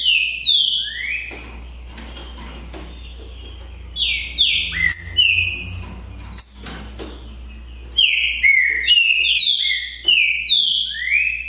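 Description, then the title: Green-winged saltator song repeated in several phrases of sliding whistles, rising and falling, with sharp high notes between and a low hum beneath. Song contest between two birds, Naval vs Demolidor, 2022 season. "Esse É PERFEITO Para ESQUENTAR Seu TRINCA Piando, Cantando E Macheando Na DISPUTA. ISSO SIM!! É UMA DISPUTA DE TRINCA FERRO PERFEITA!! NAVAL VS DEMOLIDOR 2022! TEMPORADA 2022!"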